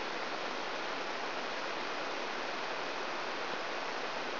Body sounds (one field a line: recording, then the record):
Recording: brain microelectrode recording played as sound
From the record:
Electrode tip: outside the subthalamic nucleus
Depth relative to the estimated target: 3 mm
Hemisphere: right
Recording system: AlphaMap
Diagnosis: Parkinson's disease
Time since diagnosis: 13 years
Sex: male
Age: 62 years